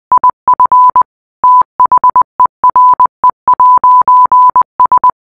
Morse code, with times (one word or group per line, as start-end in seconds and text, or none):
0.1-1.0 IF
1.4-5.1 THERE'S